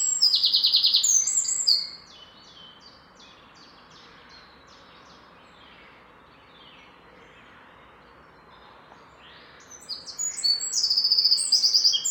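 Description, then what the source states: Birds giving high trilled phrases at the start and end, with a long quieter stretch of faint chirps in between. Birds recorded in the morning.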